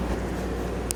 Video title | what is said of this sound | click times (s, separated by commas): Replacing air disc brake pads. | right on top and they snap into place it's | 0.9 s